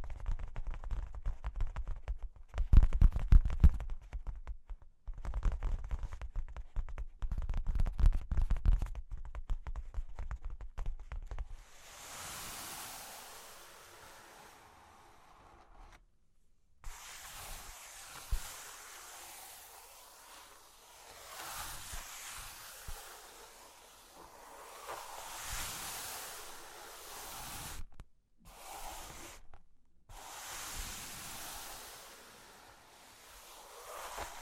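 Cork and wood are tapped in quick, dense clusters for the first eleven seconds, with hard knocks and short pauses. Then comes a steady, bright scratching and tracing that swells and fades, broken by brief silences around 16, 28 and 30 seconds.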